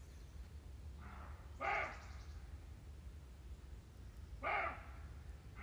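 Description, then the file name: Roe deer giving two hoarse, harsh barks about three seconds apart, over a low steady rumble. "cabirols"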